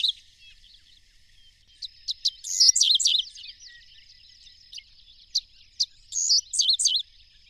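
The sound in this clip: Bird song: bursts of high, twittering and warbled notes in short phrases, separated by pauses, over a faint steady high hum.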